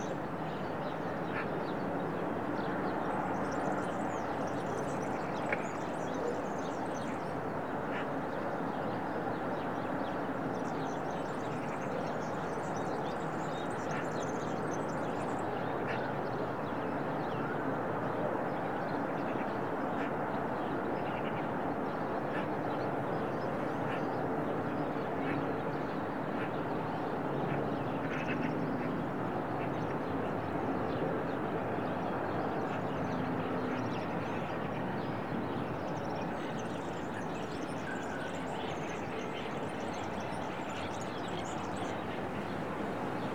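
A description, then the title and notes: Recorded in the Serra de Collserola natural park, a steady dense wash of sound with faint high chirps and brief ticks throughout. Daily recordings from my studio in the Serra de Collserola natural park.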